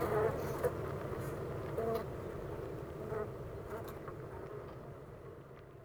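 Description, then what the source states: Honey bees humming as a continuous low drone, with a few short bee whines early on; the hum fades gradually toward the end. Honey bee hive at Clara Vale, Gateshead, UK.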